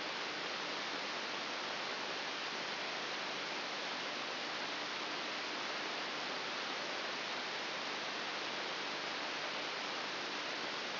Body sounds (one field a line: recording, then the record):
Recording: brain microelectrode recording played as sound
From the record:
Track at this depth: inside the subthalamic nucleus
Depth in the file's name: 6.001 mm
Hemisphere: right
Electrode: 3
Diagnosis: Parkinson's disease